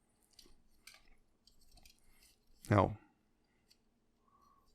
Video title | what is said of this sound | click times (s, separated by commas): Transformers Reactivate Starscream & Bumblebee | Make sure it goes underneath this piece and the wingtip, and it'll go back until it clicks into place, like so. | 0.9 s